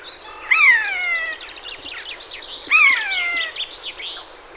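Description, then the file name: Eurasian jay giving two drawn-out, downslurred mewing calls about two seconds apart, each trailing into softer, scratchy chattering notes. "Garrulus glandarius"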